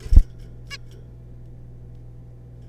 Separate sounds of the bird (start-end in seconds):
0.71-0.77